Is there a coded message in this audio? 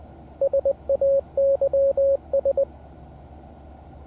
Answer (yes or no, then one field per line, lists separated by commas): yes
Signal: Morse code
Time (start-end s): 0.4-2.6 s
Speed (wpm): 20 wpm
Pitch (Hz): 550 Hz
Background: radio noise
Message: SAYS